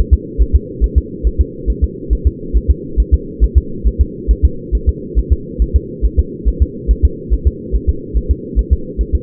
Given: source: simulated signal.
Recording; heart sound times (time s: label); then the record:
fetal heart sounds
0.13 s: S2
0.42 s: S1
0.55 s: S2
0.84 s: S1
0.98 s: S2
1.27 s: S1
1.41 s: S2
1.70 s: S1
1.84 s: S2
2.13 s: S1
2.27 s: S2
2.56 s: S1
2.70 s: S2
3.00 s: S1
3.14 s: S2
3.44 s: S1
3.58 s: S2
3.87 s: S1
4.01 s: S2
4.31 s: S1
4.45 s: S2
4.75 s: S1
4.89 s: S2
5.19 s: S1
5.33 s: S2
5.62 s: S1
5.76 s: S2
6.05 s: S1
6.19 s: S2
6.48 s: S1
6.62 s: S2
6.91 s: S1
7.05 s: S2
7.33 s: S1
7.47 s: S2
7.75 s: S1
7.89 s: S2
8.17 s: S1
8.31 s: S2
8.59 s: S1
8.73 s: S2
9.01 s: S1
9.15 s: S2
From the record:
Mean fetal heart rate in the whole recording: 140 bpm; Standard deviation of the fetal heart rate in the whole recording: 2 bpm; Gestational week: 34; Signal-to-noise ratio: -4.3 dB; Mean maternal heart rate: 72 bpm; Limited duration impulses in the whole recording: absent